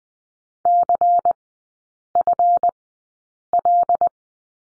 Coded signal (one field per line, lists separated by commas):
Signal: Morse code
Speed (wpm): 20 wpm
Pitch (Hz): 700 Hz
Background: none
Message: CFL